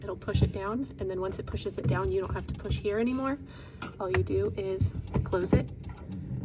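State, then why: Not seated. Someone talks while handling the plastic filter compartment cover of a refrigerator after installing an Everydrop ice and water filter, with a faint sharp tick near 6.1 s. The cover is about to be closed onto the refrigerator housing, but nothing has seated or clicked yet.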